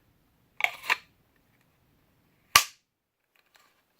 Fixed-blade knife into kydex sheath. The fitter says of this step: got a really really positive good positive click there and it's